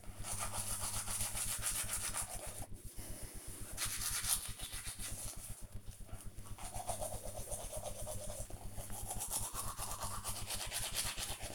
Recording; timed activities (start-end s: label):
household activities, microphone on the right wrist
0.00-11.55 s: brushing teeth